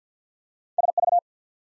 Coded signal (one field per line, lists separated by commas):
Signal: Morse code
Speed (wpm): 48 wpm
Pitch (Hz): 700 Hz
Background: none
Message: SV